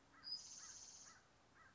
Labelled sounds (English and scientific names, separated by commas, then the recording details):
American Crow (Corvus brachyrhynchos)
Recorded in Sonoma County, California